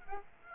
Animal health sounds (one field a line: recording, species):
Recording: mosquito wingbeat signal from an infrared sensor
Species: Aedes aegypti